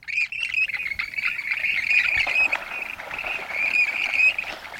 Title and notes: When a pair of Western Grebes decides it’s time to mate, they call loudly and approach one another.